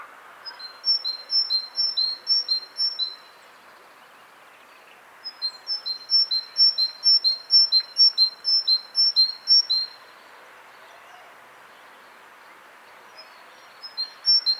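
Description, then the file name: Great tit singing its see-sawing two-note phrase in three bursts: a few seconds at the start, a longer run mid-way, and a short restart at the end, with quiet gaps between. "Parus major"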